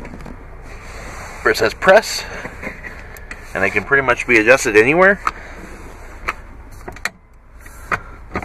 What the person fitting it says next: and it locks into place